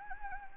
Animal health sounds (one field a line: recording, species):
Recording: mosquito wingbeat signal from an infrared sensor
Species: Anopheles gambiae